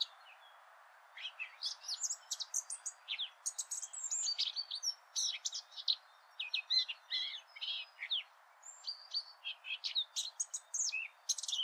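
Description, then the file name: Eurasian blackcap song, a long, continuous, chattering warble of high twittering notes in rapid succession. "Sylvia atricapilla"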